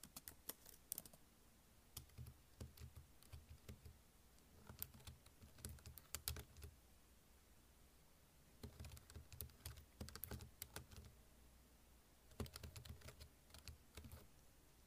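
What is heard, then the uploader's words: Typing on a keyboard arrives in bursts of rapid, crisp key clicks with a soft thud beneath them. Flurries come at roughly 0–1, 2–3, 4.5–6.5, 8.5–11 and 12.5–14 seconds, separated by brief near-silent pauses over a faint steady hiss. Typing ASMR No Talking.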